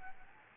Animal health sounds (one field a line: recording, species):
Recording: mosquito wingbeat signal from an infrared sensor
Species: Aedes albopictus